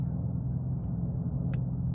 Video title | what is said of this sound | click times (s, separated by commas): Cobalt Spark Plug Replacement (Chevrolet 2005 - 2010) | like that there's the click and then we can go to tightening it | 1.5 s